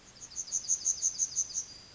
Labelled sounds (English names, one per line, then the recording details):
Yellowhammer song
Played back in forest
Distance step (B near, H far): E
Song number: 165